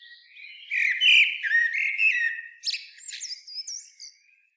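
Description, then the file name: Common blackbird song, continuous warbling fluty notes running into several high thin squeaks and twittering toward the end. "Turdus merula"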